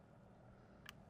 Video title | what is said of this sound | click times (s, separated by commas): Ferguson Flintlock Rifle Repair: Anvil 080 | keep bringing all the way up until it snaps underneath the spring okay there | 0.9 s